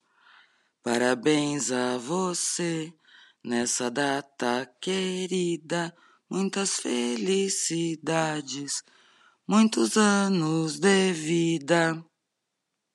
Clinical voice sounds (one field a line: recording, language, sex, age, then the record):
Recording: short text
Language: Brazilian Portuguese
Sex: female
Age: 50 to 59 years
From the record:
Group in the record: control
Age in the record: 53 years